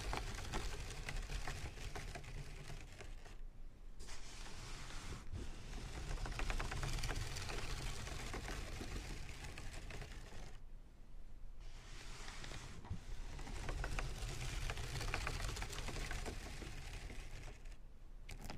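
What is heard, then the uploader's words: Dense, rapid tapping and rolling on headphones runs continuously, heavy in the low end, with brief quieter gaps near four, eleven and eighteen seconds. Headphone Tapping & Massage Rollers.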